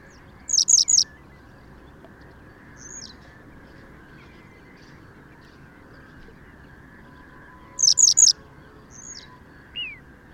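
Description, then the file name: Western yellow wagtail with two bursts of three high, falling notes about seven seconds apart; single thin notes follow each burst, over low steady hum. "Gele Kwikstaart Motacilla flava"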